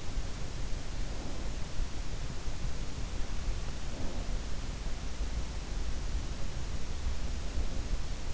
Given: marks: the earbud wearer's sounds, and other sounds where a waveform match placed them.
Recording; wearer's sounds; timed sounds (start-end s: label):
sounds in sleep by an in-ear microphone; breath
0.82-1.97 s: breath
3.45-4.79 s: breath
7.12-8.34 s: breath